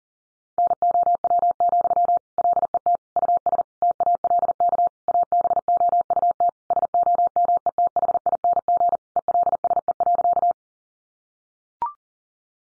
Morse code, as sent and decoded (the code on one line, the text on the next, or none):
-. --- .-- --..-- / .-.. . - / ..- ... / - .- .-.. -.- / .- -... --- ..- - / ... --- -- . - .... .. -. --. / . .-.. ... . .-.-.-
NOW, LET US TALK ABOUT SOMETHING ELSE.